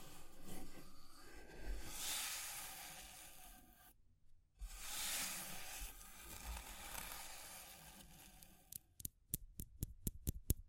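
Fire crackling and hissing fills most of the clip, broken by a brief silence near four seconds, then a quick run of sharp regular taps near the end.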